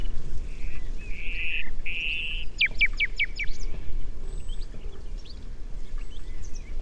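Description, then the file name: Common nightingale song opening with three drawn-out whistled notes, followed by a rapid series of sharp descending strokes and softer chirps, over low rumble. "Luscinia megarhynchos"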